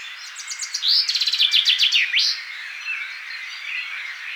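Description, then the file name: Common chaffinch song: a quick run of bright descending notes ending with a sharp flourish, other birds faintly in the background. "Fringilla coelebs"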